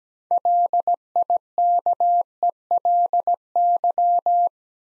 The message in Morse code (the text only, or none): LIKELY